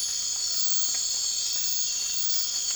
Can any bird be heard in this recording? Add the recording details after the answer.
no. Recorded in dense forest near Puerto Asís, Putumayo, Colombia, on 12 March 2025 at 02:30. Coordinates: 0.484, -76.317. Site G064